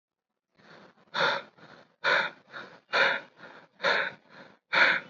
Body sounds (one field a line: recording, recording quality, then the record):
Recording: shallow breathing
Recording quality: excellent, no background noise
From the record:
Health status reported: recovered from COVID-19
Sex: male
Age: 25 years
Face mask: worn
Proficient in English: yes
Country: India